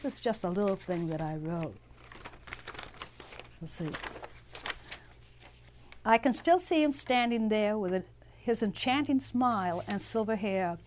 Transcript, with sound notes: This is just a little thing that I wrote. Let's see. ( she reads ) "I can still see him standing there with his enchanting smile and silver hair.